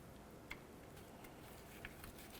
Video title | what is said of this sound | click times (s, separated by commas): How To Replace Crankshaft Position Sensor 2004-08 Ford F-150 | Make sure it clicks in, give it a nice wiggle and a tug, it needs to be 100% secured. | 0.5 s